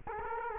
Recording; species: mosquito wingbeat signal from an infrared sensor; Culex quinquefasciatus